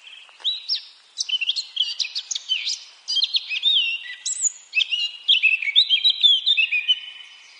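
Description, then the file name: Eurasian blackcap song, a steady flow of varied warbling with slurred, whistled notes and brief gaps between short phrases. "Sylvia atricapilla"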